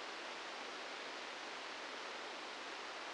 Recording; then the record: brain microelectrode recording played as sound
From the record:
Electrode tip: outside the subthalamic nucleus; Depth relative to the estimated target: 1 mm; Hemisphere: left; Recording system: NeuroSet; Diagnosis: Parkinson's disease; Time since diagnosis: 15 years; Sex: female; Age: 59 years